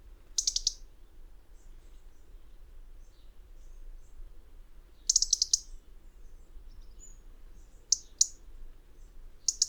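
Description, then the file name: European robin giving short, sharp ticking calls in quick clusters, a burst at the start, another around five seconds, then single ticks near the end, over faint low rumble. "Erithacus rubecula"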